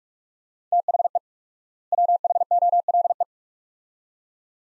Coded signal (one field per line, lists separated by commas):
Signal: Morse code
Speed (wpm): 46 wpm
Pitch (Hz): 700 Hz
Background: none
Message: THE WHOLE